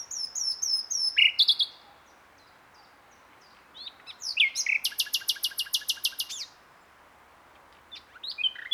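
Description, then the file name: Common nightingale song: varied phrases, high whistles and a fast run of repeated sharp notes, separated by pauses. "Luscinia megarhynchos"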